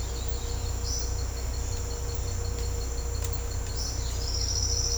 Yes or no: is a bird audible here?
yes